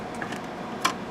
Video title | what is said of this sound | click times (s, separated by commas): FreedomPay Canada QSR Training | And then it just clicks right into place, and that's how it will be for normal operations. | 0.8 s